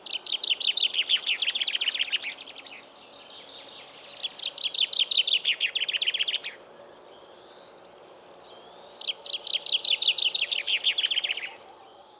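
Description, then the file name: Common chaffinch giving three cascading, rattling song phrases, each falling in pitch, with pauses between them. "Fringilla coelebs"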